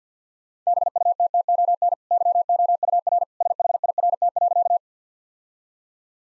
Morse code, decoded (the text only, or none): BUTTON YOUR SHIRT.